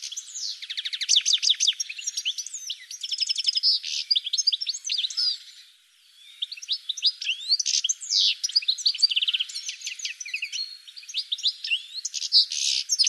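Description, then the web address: Bird delivering a long, hurried warble of chirps and buzzy trills, with one brief lull partway through before the chatter resumes. "cianscape birddata"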